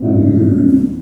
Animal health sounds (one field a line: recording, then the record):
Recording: squeal of a Yucatan mini pig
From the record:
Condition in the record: after surgery on the right vocal fold (resection and tissue-engineered implant)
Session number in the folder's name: 5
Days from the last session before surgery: 33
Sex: female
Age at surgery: 19 weeks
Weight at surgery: 25 kg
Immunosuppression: prednisolone